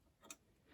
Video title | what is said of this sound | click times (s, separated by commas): How to thread a sewing machine | There's a click there and it clicks into place and it will hold it. | 0.3 s